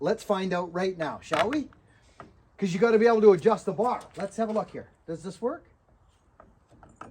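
A man talks while fitting the guide bar or bar adjuster onto a Husky 359 chainsaw body carrying a 32-inch bar. Small knocks and taps from the parts are heard near 2.2, 6.4, 6.8 and 7.0 seconds. The part fails to snap into place, so nothing has seated or clicked yet.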